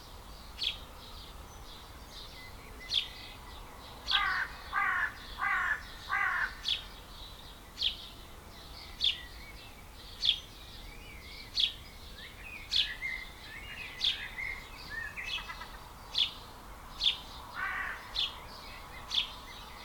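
A dawn chorus of birds: many short, bright chirps and calls repeat every second or so throughout. Around the five-second mark a louder bird sings a quick run of four stacked, rising notes, over a steady soft hiss of background noise.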